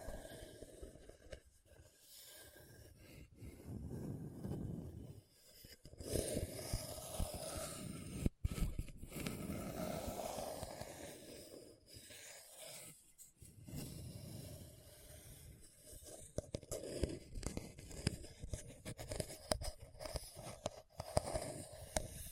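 Hard, bumpy scratching along a rough surface, coming in uneven rubbing passes with short silent gaps, notably near 2, 6, 8 and 13 seconds. The scraping is dense and gritty, heaviest in the low rumble, with a few sharp clicks and knocks between strokes.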